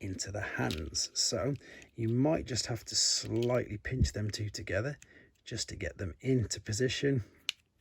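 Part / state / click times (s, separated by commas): accessory dowels into action figure hands / seated / 7.5 s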